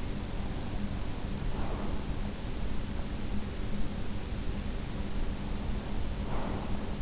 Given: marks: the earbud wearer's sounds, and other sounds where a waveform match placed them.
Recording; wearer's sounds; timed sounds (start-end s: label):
sounds in sleep by an in-ear microphone; breath
1.36-2.29 s: breath
6.11-7.02 s: breath